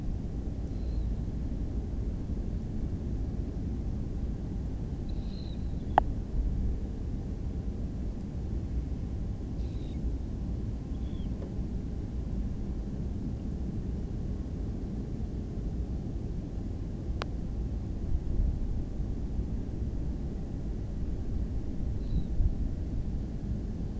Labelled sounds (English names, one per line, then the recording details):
Dunlin
unidentified sound
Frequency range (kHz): Dunlin 2.0-8.3 kHz
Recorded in France